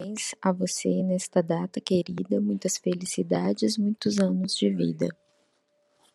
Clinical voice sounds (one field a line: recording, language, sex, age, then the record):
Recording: short text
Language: Brazilian Portuguese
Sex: female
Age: 40 to 49 years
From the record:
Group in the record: control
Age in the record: 42 years